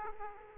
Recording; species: mosquito wingbeat signal from an infrared sensor; Aedes aegypti